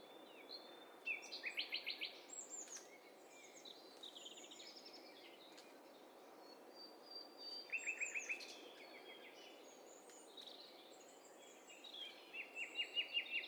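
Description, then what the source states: Bird calls from several birds overlapping: rapid buzzy trills, high whistles and chirps, with recurring bursts of fast repeated notes over a steady hiss. Mixture of several birds, hi-fi stereo.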